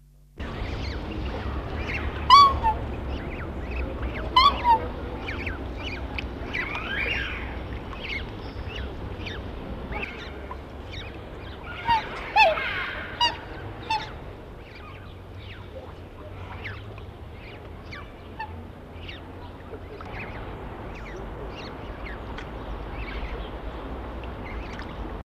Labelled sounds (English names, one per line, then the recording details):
Black Swan call
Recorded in captivity
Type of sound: call
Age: juvenile
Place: Zoo Hannover, Niedersachsen, DE
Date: 1977-07-15
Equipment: Halbspur, 9,5 cm/s
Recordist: Lütgens, Hans
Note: Dreitägige schwarze Schwäne